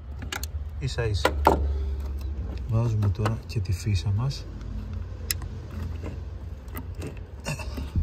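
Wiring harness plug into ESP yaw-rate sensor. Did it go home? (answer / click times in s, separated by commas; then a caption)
yes / 5.3 s. A wiring harness plug is pushed onto a replacement ESP yaw-rate sensor under a W203 Mercedes while someone talks, with small rattling and handling noises around it. A sharp click at 5.3 s marks the connector latching, and it is confirmed seated.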